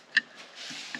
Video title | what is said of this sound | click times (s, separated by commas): Penny Build, Phase 4: Headlights and Pillar Lights | I instead ordered a cover for them that just simply snaps into place | 0.2 s